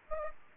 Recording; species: mosquito wingbeat signal from an infrared sensor; Aedes aegypti